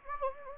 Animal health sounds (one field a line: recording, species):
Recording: mosquito wingbeat signal from an infrared sensor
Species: Anopheles gambiae